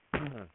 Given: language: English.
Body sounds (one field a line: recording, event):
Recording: throat vibration sensor signal played as sound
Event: cough